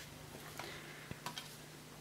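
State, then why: Seated. The handle assembly of a Hoover Globe Ego G upright vacuum cleaner is pushed back into its base after its lower tab has been located under the front lip. A short scraping knock at 0.6 s is followed by a sharp plastic click at 1.3 s and a second quick tick at 1.4 s. The handle clicks home and is seated.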